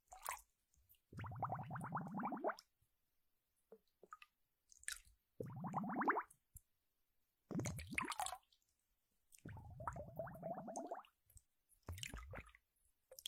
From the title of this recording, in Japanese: 水の音